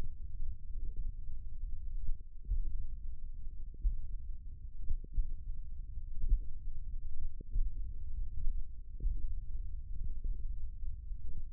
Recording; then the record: forearm muscle sounds (acoustic myography)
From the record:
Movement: finger pinch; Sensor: system 1, eight BSWA MPA416 microphones around the upper forearm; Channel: 6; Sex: male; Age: 20 years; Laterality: left